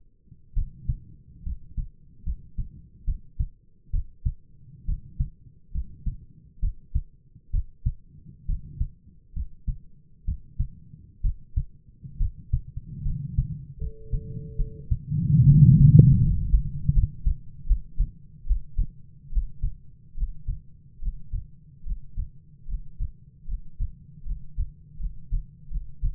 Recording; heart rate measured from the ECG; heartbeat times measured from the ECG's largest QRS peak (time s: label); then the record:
heart sounds by stethoscope; 72 bpm
0.53 s: heartbeat
1.42 s: heartbeat
2.23 s: heartbeat
3.04 s: heartbeat
3.90 s: heartbeat
4.84 s: heartbeat
5.71 s: heartbeat
6.59 s: heartbeat
7.50 s: heartbeat
8.45 s: heartbeat
9.32 s: heartbeat
10.24 s: heartbeat
11.21 s: heartbeat
12.17 s: heartbeat
13.02 s: heartbeat
13.77 s: heartbeat
14.55 s: heartbeat
15.44 s: heartbeat
16.18 s: heartbeat
16.91 s: heartbeat
17.65 s: heartbeat
18.45 s: heartbeat
19.31 s: heartbeat
20.15 s: heartbeat
21.00 s: heartbeat
21.84 s: heartbeat
22.66 s: heartbeat
23.46 s: heartbeat
24.24 s: heartbeat
24.97 s: heartbeat
25.69 s: heartbeat
From the record:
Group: healthy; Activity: rest 0-16 s, breath hold 16-26 s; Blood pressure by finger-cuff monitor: 108/63 mmHg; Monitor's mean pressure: 74 mmHg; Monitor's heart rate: 69 bpm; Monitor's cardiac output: 7.4 L/min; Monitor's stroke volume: 107 mL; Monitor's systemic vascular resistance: 710 dyn s/cm5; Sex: male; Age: 22 years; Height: 185 cm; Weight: 112.4 kg